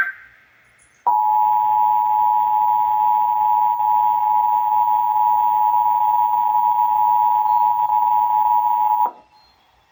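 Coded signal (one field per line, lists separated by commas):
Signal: Emergency Alert System (SAME) tones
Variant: 853 and 960 Hz attention tone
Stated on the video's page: Texas Required Monthly Test EAS tones as aired on radio and TV stations WBAP, KDMX, KHKS, KSCS, KTVT, KTXA and KXAS.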